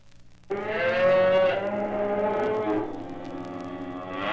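Cattle lowing, a long, full moo that starts abruptly after half a second.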